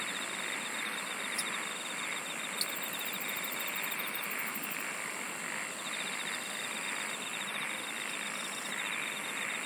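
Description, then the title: Insect chorus as a constant hiss, overlaid by rapid pulsed trills, one very high, another lower trill repeating in long stretches. "SINGING OF INSECTS"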